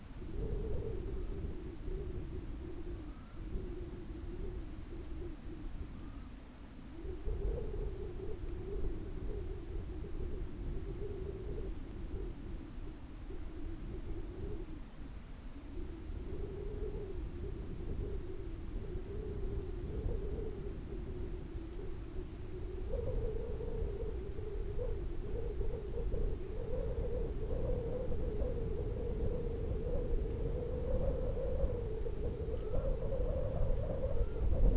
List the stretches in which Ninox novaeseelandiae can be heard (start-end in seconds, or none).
2.91-3.40, 5.88-6.32, 32.41-32.92, 34.11-34.44